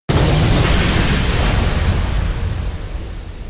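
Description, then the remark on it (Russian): A heavy, muffled explosion bursts in abruptly from a spectator box at a duel, releasing thick, poisonous-green smoke, then rumbles on as a dense, low roar that slowly fades over a few seconds. No voices are heard. “Взрыв. Глухой, тяжелый, будто удар железного молота по легким.”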